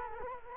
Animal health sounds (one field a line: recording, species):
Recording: mosquito wingbeat signal from an infrared sensor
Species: Culex quinquefasciatus